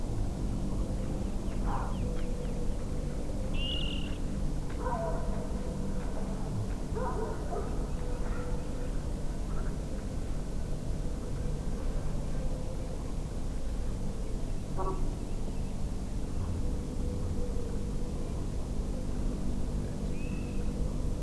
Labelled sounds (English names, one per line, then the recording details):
Water Rail
unidentified sound
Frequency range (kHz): Water Rail 2.1-4.5 kHz
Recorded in France